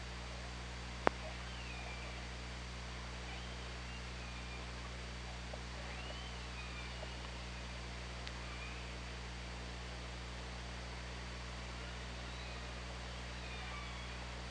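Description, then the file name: Killer whale calls: faint, curving tonal calls that sweep up and down, several spread throughout, over a steady low hum with a couple of sharp clicks. Recorded 24 August 2017, around 15:04. "Orca Lab"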